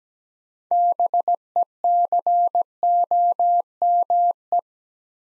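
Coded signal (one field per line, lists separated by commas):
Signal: Morse code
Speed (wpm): 17 wpm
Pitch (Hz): 700 Hz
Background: none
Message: BECOME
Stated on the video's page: Morse practice at 17wpm building 6-letter words three letters at a time, for beginners working on instant character recognition.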